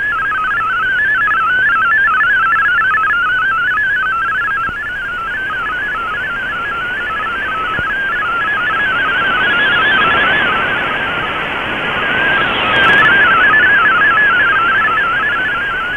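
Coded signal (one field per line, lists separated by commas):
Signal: multi-tone FSK (Olivia or MFSK type)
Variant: MFSK32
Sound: rapid warbling stream of stepped musical tones, steady throughout, over hissy noise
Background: radio static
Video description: Here is my decode of the Shortwave Radiogram broadcast today on 11580Khz shortwave radio at 2300UTC in MFSK32 and with 5 SSTV images.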